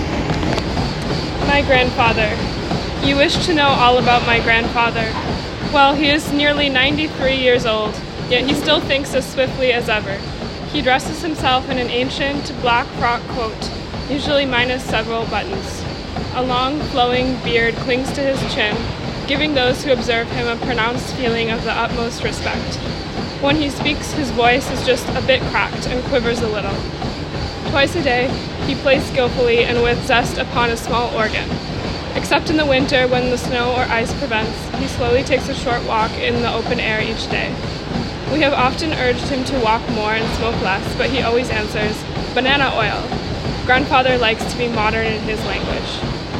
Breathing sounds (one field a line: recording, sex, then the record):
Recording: reading aloud after running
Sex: female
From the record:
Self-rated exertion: very light exertion (1 of 6)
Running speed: 5 miles an hour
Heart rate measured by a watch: 108 beats a minute at the start, 114 at the end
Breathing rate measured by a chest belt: 23 breaths a minute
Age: 20 years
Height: 160 cm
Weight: 56 kg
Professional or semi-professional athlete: no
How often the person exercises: 3 to 5 times a week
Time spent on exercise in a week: 3 to 4 hours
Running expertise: yes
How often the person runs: 1 to 2 times a week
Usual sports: running, swimming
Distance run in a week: 15 km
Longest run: 20 km